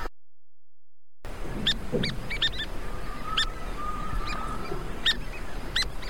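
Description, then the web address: Bird calls: short, sharp, high notes repeated irregularly about once a second, over a steady low rumble with a faint drawn-out tone in the background. "cantos gaviochico"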